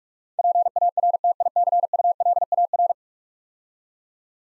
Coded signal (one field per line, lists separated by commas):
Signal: Morse code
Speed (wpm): 46 wpm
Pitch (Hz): 700 Hz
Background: none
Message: PARTICULAR